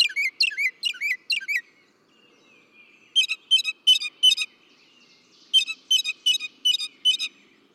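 Northern mockingbird song: a quick series of warbled notes, then two separate bursts of several repeated chirps.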